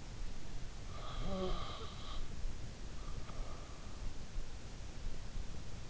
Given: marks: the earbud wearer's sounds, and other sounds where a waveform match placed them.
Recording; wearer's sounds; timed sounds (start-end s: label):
sounds in sleep by an in-ear microphone; snoring breath
0.69-2.15 s: snoring breath